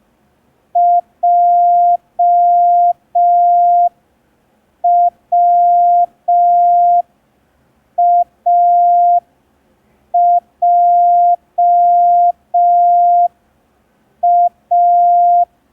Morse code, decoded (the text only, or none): JWAJA